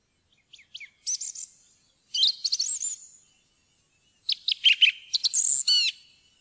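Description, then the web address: Song thrush song in short bursts of clear whistled and chirpy high notes, the last phrase ending in a quick run of repeated downslurred notes, with silent gaps between phrases. "fuglelyder maaltrost"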